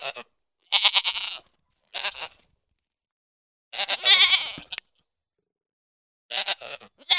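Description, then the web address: Pygmy goat giving repeated bleats, some long and tremulous, others short, separated by silent gaps, some of a second or more. "Goats -Pigmy"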